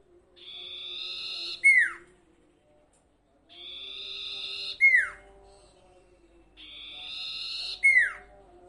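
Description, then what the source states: Sirtu song phrase repeated three times about every three seconds: a steady buzzy note ending in a sharp, sweeping downward whistle. Masteran training recording for cage birds, with the full range of song variations.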